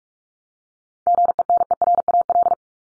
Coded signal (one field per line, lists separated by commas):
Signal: Morse code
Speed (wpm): 44 wpm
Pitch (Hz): 700 Hz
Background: none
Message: GENERAL